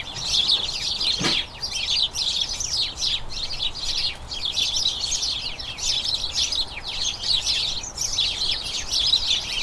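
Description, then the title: House sparrows chirping as a flock, a dense, unbroken chatter of overlapping short chirps, with one brief sharp click early on. A colony of about a dozen house sparrows chattering incessantly in a small front garden as crocuses bloom, excitement signalling the colony turning toward the breeding season. "Sound Escape. the soothing conversations of a flock of house sparrows"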